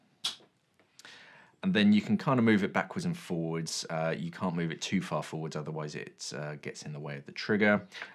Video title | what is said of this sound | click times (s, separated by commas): Paralenz Adjustable Mask Mount - Unboxing | until it clicks | 0.2 s